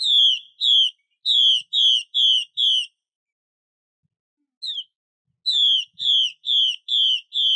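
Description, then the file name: Chinese hwamei song: rapid runs of loud falling whistled notes, a gap of nearly two seconds, a single note, then another run of five whistles. Female bird. "Tieng chim hoa mi mai xuy"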